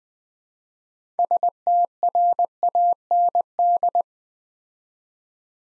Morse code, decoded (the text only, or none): STRAND